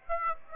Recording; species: mosquito wingbeat signal from an infrared sensor; Aedes aegypti